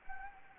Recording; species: mosquito wingbeat signal from an infrared sensor; Anopheles arabiensis